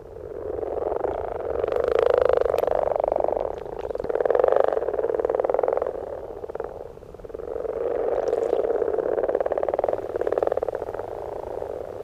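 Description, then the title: Frogs croaking in a dense, bubbling chorus of low pulsed notes that swells and fades in waves. Breeding males croaking at spawning ponds in spring, southern Finland, April. "Viikon luontoääni: Sammakko"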